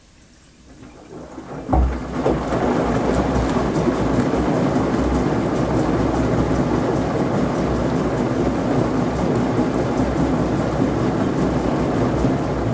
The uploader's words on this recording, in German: Wäsche in der Waschmaschine. Gleichmäßigen, rumpelnd-gluckernden Umdrehungen der Waschmaschine.